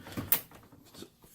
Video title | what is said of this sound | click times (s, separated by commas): Hooking up and taking down cabin AC | and it literally just slides down in there, and you'll hear it click. | 0.3 s